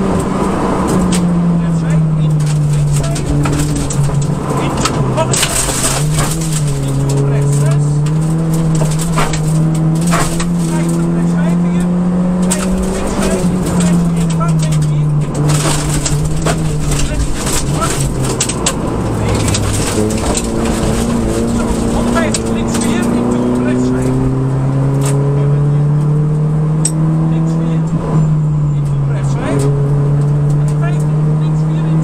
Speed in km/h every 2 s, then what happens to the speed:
100, 87, 79, 90, 98, 109, 108, 91, 84, 63, 67, 78, 91, 100, 86, 97.
0-4 brakes to 79. 4-10 speeds up to 109. 12-19 brakes to 63. 19-25 speeds up to 100. 28-32 speeds up to 97.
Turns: none.